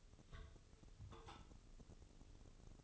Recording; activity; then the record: daily activity, microphone in the room; take from stove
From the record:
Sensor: 4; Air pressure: 996.2 hPa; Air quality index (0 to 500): 76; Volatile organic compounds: 3 ppm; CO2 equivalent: 1423 ppm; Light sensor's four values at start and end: 14/40/15/15 and 14/41/15/15